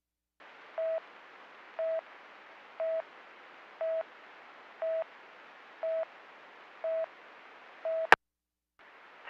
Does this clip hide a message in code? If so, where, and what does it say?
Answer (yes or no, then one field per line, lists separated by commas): no